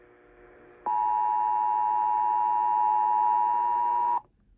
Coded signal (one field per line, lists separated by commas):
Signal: Emergency Alert System (SAME) tones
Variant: 853 and 960 Hz attention tone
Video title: A Slight Inconvenience... EAS Alerts from 3/14/24 (EAS #569-613)